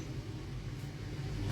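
A steel die part is lowered into position in the die holder of a fly press, before it is locked in place. A steady low rumble with a hum around 100–150 Hz runs through the whole clip, with no sharp transients. Nothing has seated or clicked yet.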